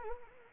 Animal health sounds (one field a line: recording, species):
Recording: mosquito wingbeat signal from an infrared sensor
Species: Anopheles gambiae